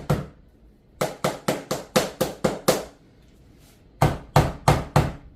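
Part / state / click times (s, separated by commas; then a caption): floor plank into adjacent plank joint / not seated / none. A click-lock laminate floor plank is tapped into the joint of the adjacent plank with a hammer or tapping block in a series of sharp knocks, a burst of nine from about 0.1 to 2.7 seconds, then a pause, then four more from 4.0 to 5.0 seconds. The plank has not clicked or seated, and a gap remains in the joint.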